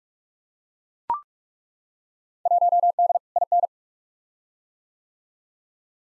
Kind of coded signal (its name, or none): Morse code